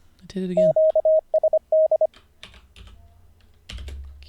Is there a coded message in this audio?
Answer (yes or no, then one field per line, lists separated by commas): yes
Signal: Morse code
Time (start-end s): 0.6-2.1 s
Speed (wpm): 25 wpm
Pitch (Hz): 630 Hz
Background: speech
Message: QSD